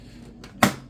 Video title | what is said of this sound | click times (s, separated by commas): Upgrading the Gateway 2000 P5-166XL | Nice satisfying click into the PCI slot. | 0.6 s